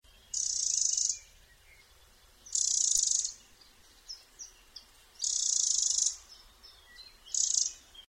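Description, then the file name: Eurasian wren calls: high, dry buzzing rattles in four bursts under a second long, spaced roughly two seconds apart, with a few faint short chips between them. "Troglodytes troglodytes"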